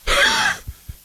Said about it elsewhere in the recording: I feel a little wheezy this morning, but I don't think I think that's more allergies because I slept with a window open last night because it got cooler. Little wheeze, little allergic reaction going on there. Could be from the smoke.